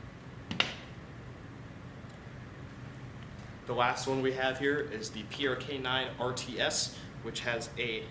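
A side-folding wire stock on a G&G PRK-9 9mm AK-style rifle is flipped back to the side on its hinge and latches into the folded position. A sharp double click sounds at 0.5 and 0.6 seconds as the stock locks in place, followed by someone talking.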